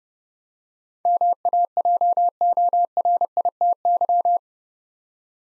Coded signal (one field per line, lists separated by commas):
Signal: Morse code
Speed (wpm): 30 wpm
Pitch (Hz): 700 Hz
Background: none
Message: MAJORITY